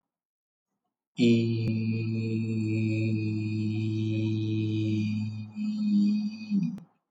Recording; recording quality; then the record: sustained vowel as in beet; excellent, no background noise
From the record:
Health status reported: healthy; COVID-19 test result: not tested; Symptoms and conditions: none ticked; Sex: male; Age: 29 years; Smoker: not ticked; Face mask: not worn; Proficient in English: yes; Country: India